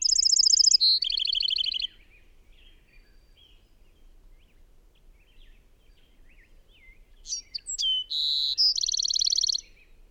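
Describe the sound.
Bird song: a high trill stepping down to a lower trill, faint chirps, then another phrase of sharp notes, a whistle and a rapid high trill.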